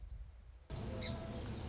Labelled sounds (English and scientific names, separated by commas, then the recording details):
Song Sparrow (Melospiza melodia)
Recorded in Sonoma County, California